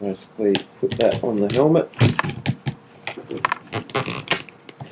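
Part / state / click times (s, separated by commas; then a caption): helmet camera's Dual Lock fastener strip onto the matching strip on a helmet / seated / 2.5 s, 4.3 s. A ContourHD helmet camera's 3M Dual Lock strip, a plastic mushroom-head fastener, is pressed onto the matching strip on a helmet while someone talks. It clicks into place at 2.5 s and 4.3 s, with smaller clicks between, and the mount is seated.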